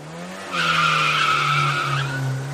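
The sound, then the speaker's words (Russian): Car tires let out a loud, sustained squeal lasting about a second and a half, a bright high-pitched screech over a low engine rumble, then fading back to the engine drone. “Через 10 минут я услышала оглушительный свист колес и открыла глаза, думая, что мы уже приехали.”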